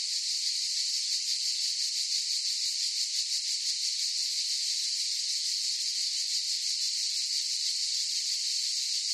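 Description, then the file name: Cicadas produce a constant high hissing buzz, with little change in level and only faint pulsing. Forest chorus of cicadas. "gain walkers CICADAS Forest Chorus"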